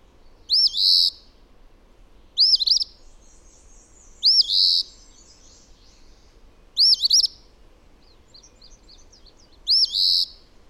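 Bird song: short bright phrases of high arching whistles, each ending in a brief buzzy trill, repeated about every two to three seconds, with faint twittering between.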